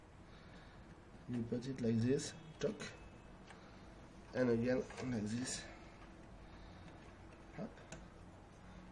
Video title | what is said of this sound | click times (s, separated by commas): Cybercell how to install the graphic card in ETH miner | have a little click to show that it's done | 7.9 s